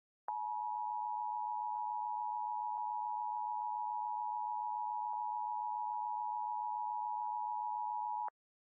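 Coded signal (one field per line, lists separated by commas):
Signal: Emergency Alert System (SAME) tones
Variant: 853 and 960 Hz attention tone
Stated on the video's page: Fictional EAS scenario, a reupload of another creator's work.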